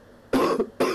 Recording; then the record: coughing mixed with background sound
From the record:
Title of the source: Coughing 77